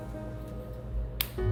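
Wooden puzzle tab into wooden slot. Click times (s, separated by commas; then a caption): 1.2 s. Over steady background music, a wooden tab on a 3D wooden Kissa Coffee House puzzle is pushed into its wooden slot, after the previous tab went in with only a squish. A sharp, bright click sounds at 1.2 s, and the tab is seated.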